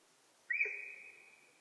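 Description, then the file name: Sika deer whistle: one abrupt, piercing high note, held level and slowly fading away, with a quiet background. Recorded in Japan on 4 November 2006. "061104 nihonjika"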